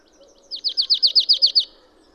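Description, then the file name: Marsh tit giving a rapid, even series of nine high, down-sweeping chipping notes lasting about a second, against quiet low background noise. "Poecile palustris"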